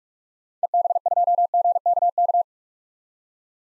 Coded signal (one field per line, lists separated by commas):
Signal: Morse code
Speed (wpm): 46 wpm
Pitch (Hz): 700 Hz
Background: none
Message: EB2GKK